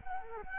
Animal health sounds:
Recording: mosquito wingbeat signal from an infrared sensor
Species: Culex quinquefasciatus

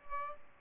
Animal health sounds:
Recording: mosquito wingbeat signal from an infrared sensor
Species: Aedes aegypti

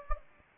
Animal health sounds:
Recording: mosquito wingbeat signal from an infrared sensor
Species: Anopheles gambiae

